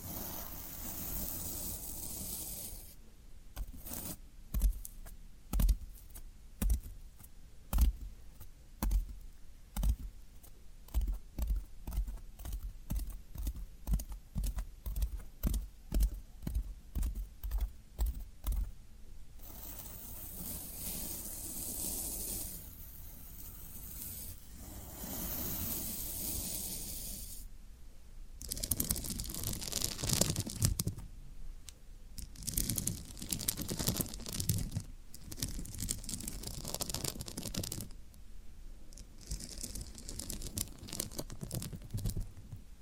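Floral foam being pressed and picked at, with rapid regular crunchy taps for twenty seconds, then slower scratchy tearing bursts and soft hiss.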